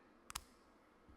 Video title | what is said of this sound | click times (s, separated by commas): JUUL Starter Kit - Vaping Made Easy - REVIEW | snaps right in | 0.4 s